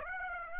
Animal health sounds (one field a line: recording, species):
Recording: mosquito wingbeat signal from an infrared sensor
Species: Aedes aegypti